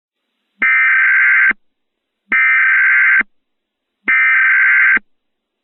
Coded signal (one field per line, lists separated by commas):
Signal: Emergency Alert System (SAME) tones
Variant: header bursts